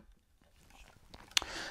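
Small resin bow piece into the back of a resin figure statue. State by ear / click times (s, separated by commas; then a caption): seated / 1.4 s. A small resin bow piece is fitted onto the back of a resin collectible figure statue, with faint handling rustles and light taps building up before one sharp knock at 1.4 s as it snaps into place. A soft scraping hiss follows, and the piece is seated securely so it cannot slip or come loose.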